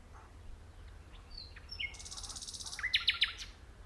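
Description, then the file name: Common nightingale: songbird phrase with thin whistles, a buzzy trill and a few loud sharp clicking notes, fairly quiet against steady low background noise. "Luscinia megarhynchos"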